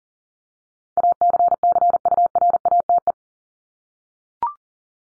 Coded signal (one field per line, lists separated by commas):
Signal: Morse code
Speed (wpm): 40 wpm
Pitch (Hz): 700 Hz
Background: none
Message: ACCURATE